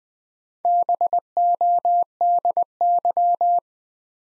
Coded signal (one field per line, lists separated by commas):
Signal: Morse code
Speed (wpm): 20 wpm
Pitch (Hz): 700 Hz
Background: none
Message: BODY